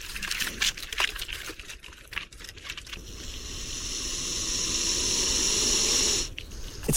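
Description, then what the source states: Lace monitor hissing: a long breathy hiss lasting about three seconds follows scratchy scrambling of claws on bark. Goanna hissing as it scrambles up a tree trunk near the recordist, in forest with very dry leaves in southeastern Australia.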